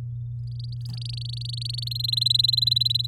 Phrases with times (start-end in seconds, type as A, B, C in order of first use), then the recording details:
0.47-1.89 A, 1.91-3.06 B. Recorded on 7 May 2018 at 17:12. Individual llb16